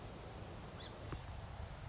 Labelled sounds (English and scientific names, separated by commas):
Song Sparrow (Melospiza melodia)